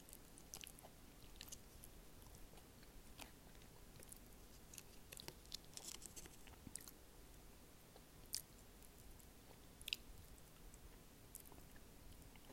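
Someone eats salmon egg rolls, with wet chewing and frequent short crisp bites and crunches that come irregularly throughout. A few sharper, brighter snaps stand out near the middle and toward the end, over a quiet, steady hush.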